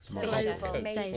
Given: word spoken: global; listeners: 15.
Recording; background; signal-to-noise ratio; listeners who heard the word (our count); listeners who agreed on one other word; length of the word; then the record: one English word in noise, from a listening test; four-talker babble; -1.2 dB; 1 of 15; 7 of 15; 0.78 s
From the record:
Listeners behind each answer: 7, 3, 1, 1, 1, 1, 1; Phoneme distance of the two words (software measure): 44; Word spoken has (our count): 2 syllables, 6 phonemes, stress on syllable 1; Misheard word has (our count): 2 syllables, 4 phonemes, stress on syllable 1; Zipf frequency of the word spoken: 4.59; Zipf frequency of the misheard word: 3.75